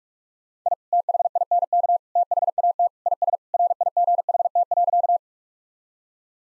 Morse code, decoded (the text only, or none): I THINK THAT IS RIGHT.